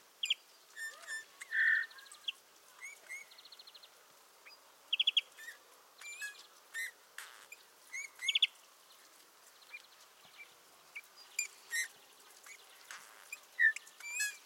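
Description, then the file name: Eurasian bullfinch giving a soft, clear piping note among many chirps, buzzy repeated notes and ticks. "Pyrrhula pyrrhula"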